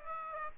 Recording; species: mosquito wingbeat signal from an infrared sensor; Aedes aegypti